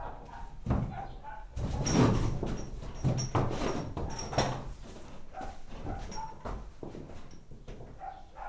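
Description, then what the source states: Horse restless in its stall, with wooden knocks and bangs in quick bursts and rustling, plus faint high chirps. Tied horse stirring in a stable on a farmyard while its mate peeks in to it.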